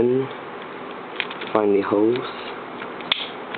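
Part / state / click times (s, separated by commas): plastic part into a model car chassis / seated / 3.1 s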